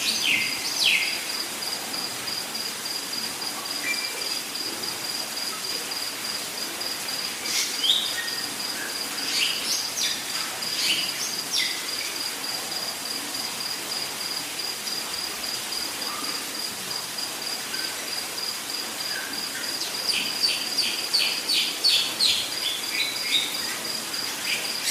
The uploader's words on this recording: Soothing Sounds of the Rainforest.